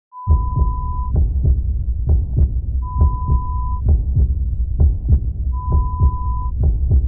Heartbeat sound.